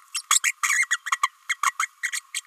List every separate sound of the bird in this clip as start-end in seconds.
0.14-0.21, 0.30-0.40, 0.43-0.52, 0.63-0.88, 0.90-0.99, 1.06-1.11, 1.23-1.31, 1.49-1.57, 1.63-1.73, 1.79-1.89, 2.02-2.12, 2.34-2.41